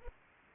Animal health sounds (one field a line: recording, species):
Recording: mosquito wingbeat signal from an infrared sensor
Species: Aedes aegypti